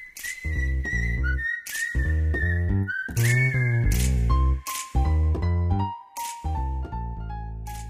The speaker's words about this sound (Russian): Вместе со светом появились протяжный вой и ритмичное постукивание.